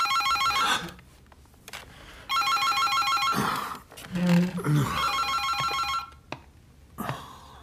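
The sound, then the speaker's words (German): A telephone rings in repeated bursts of bright, trilling electronic tones, each ring separated by short pauses, with a brief low murmur between rings. “Auf dem Weg zum Telefon brauchte er sich nicht einmal umzudrehen, um festzustellen, ob seine beiden Gäste noch am Tisch saßen.”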